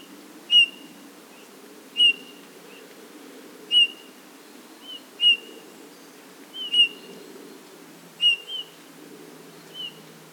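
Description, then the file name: Eurasian bullfinch giving soft piping whistles about every one and a half seconds, over a low steady hum in the background. "Pyrrhula pyrrhula"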